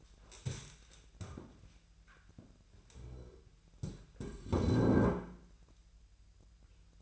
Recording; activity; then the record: daily activity, microphone in the room; stand up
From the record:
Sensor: 2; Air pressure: 1001.8 hPa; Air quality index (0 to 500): 237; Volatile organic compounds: 68 ppm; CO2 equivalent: 3502 ppm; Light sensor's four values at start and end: 8/19/8/9 and 7/16/7/7